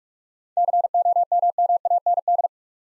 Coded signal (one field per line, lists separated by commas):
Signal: Morse code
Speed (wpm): 46 wpm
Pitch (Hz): 700 Hz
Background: none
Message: COMMAND